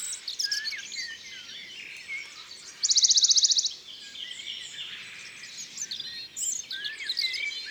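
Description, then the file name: Western Bonelli's warbler song, one fast, even, high-pitched trill lasting about a second, surrounded by varied chirps and warbling from other birds. "Pouillot de Bonelli ABC des chants doiseaux"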